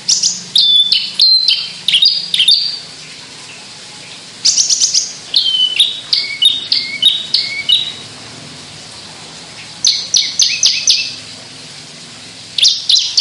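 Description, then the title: Javan bush lark song: bursts of sharp, high chirps and short whistled slurs, delivered in quick clusters separated by brief pauses. Sundul langit, the skyward song flight. "Branjangan Sundul Langit 3"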